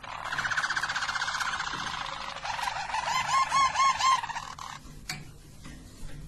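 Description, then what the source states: Harz Roller canary singing a steady rolling trill, then a lower hollow roll with short looping flute-like notes, ending in a brief pause and faint soft notes. Belgian Harz Roller canary (canário belga) song.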